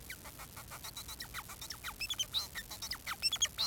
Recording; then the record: song of a male Bengalese finch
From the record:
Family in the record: son of father 4